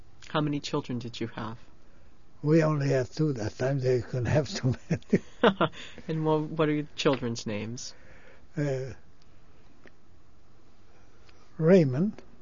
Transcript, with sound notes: How many children did you have?
We only had two. That time you couldn't have too many.
[Laughs] And what are your children's names?
Raymond.